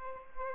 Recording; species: mosquito wingbeat signal from an infrared sensor; Aedes albopictus